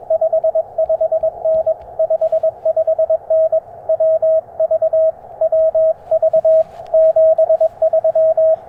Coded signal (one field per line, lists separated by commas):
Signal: Morse code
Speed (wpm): 22 wpm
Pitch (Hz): 640 Hz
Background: radio noise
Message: 55N 55N WV WV 73